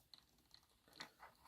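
The plastic arms of a transforming robot toy are pushed upward into its torso, trying to make the arm joints click into position. Brief light ticks and plastic scraping and rubbing are heard. Nothing has seated or clicked yet.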